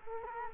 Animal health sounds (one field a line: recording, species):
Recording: mosquito wingbeat signal from an infrared sensor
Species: Culex quinquefasciatus